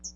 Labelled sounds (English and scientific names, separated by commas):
Hooded Warbler (Setophaga citrina) flight call